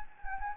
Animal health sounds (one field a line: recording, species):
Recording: mosquito wingbeat signal from an infrared sensor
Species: Anopheles gambiae